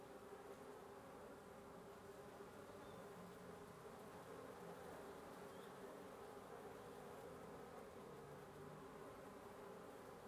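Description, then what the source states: Wasps give a steady massed buzzing hum, unchanging in level, with a couple of faint high chirps in the background. Wasp nest under the roof of the recordist's residence at 1a Avenida Norte 19, Antigua Guatemala, Guatemala; recorded in the morning.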